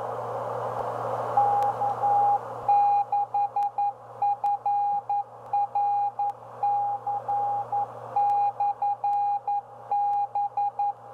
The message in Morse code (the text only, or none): K6FRC/B